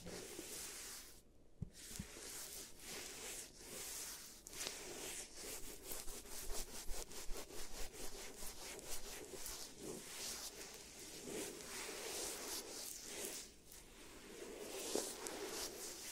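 Giant teeth treatment for fixing cavities: a steady, dense scraping and rubbing, like tools working across a hard surface, with quick rhythmic strokes throughout. Brief pauses near 1.5 and 13.5 seconds break the texture, and a few small taps and clicks stand out.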